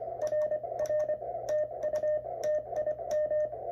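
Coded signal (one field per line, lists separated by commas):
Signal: Morse code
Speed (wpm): 24 wpm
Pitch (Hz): 610 Hz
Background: music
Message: RR TU TIM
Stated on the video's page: Quick QSO between two stations both using MTR3B rigs.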